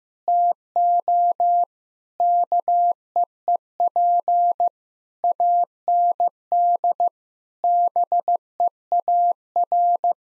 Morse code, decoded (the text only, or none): TO KEEP AND BEAR